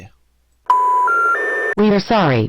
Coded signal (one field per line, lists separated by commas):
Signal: telephone call progress tone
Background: speech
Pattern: special information tone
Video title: EAS Scenario - The Watch Part 3